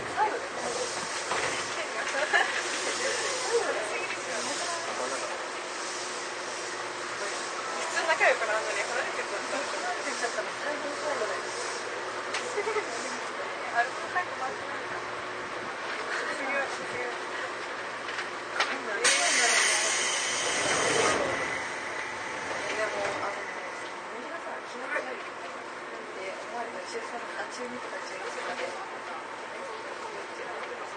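A Seibu old 2000 series train runs with a steady rumble and hiss, voices chattering throughout, and a brief brighter rushing burst near twenty seconds.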